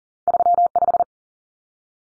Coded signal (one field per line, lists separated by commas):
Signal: Morse code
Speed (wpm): 40 wpm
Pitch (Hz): 700 Hz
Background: none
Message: 35